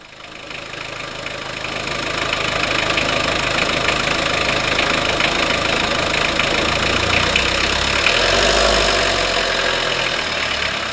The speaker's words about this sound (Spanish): Nos subimos al coche. A ver si logro encender esto.